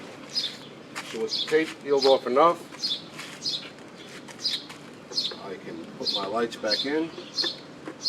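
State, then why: Not seated. A bulb socket is being handled at a parking light assembly of a 2000–2006 Suburban, Tahoe, Yukon or Silverado-type truck, about to be inserted and given a quarter turn until it clips in. Someone talks throughout while birds chirp in the background, with a couple of brief sharp sounds. Nothing has seated or clicked yet.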